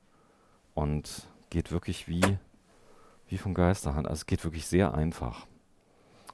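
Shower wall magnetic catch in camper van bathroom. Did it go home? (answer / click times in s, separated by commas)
yes / 6.3 s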